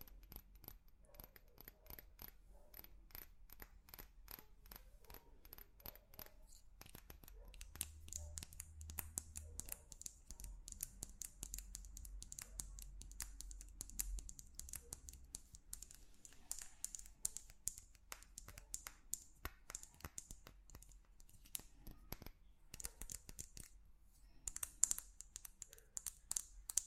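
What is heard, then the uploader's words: Tapping on different objects: sharp, bright little clicks and taps come in quick, uneven bursts throughout, sometimes sparse, sometimes dense and rattling. From about 8 to 15 seconds a low hum sits underneath, and faint murmuring appears now and then. Tapping on Different Objects.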